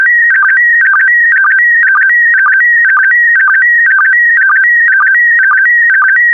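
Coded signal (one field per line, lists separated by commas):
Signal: SSTV (slow-scan television)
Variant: PD120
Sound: warbling tone stepping between pitches, short low blips about twice a second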